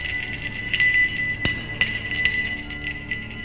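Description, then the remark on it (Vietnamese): A jingling bell rings out repeatedly with bright, shimmering high tones, sharp strikes breaking through an irregular, clattering rhythm over a steady metallic ring. “đột nhiên một tiếng chuông leng ca leng keng vang lên. Tiếng chuông vang lên rõ lắm, to lắm.”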